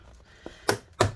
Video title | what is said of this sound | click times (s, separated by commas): 13" Inch 2020 MacBook Pro A2289 Disassembly Liquid Damage Logicboard Motherboard Removal Repair | so what we're gonna do we're gonna pop this off okay | 0.7 s, 1.0 s